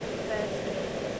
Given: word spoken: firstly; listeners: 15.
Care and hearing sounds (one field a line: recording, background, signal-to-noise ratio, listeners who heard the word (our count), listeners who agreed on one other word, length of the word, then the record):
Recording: one English word in noise, from a listening test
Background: speech-shaped noise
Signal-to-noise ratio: -4.9 dB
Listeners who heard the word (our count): 4 of 15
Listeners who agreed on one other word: 6 of 15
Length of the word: 0.80 s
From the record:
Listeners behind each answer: 6, 4, 1, 1, 1, 1, 1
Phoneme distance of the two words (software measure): 17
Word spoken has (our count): 2 syllables, 6 phonemes, stress on syllable 1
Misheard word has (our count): 2 syllables, 5 phonemes, stress on syllable 1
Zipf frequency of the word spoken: 4.17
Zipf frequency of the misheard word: 3.69